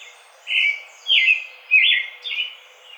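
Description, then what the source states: American robin song of four slurred, whistled phrases in quick succession, some rising, some falling. Recorded on 4 May 2009.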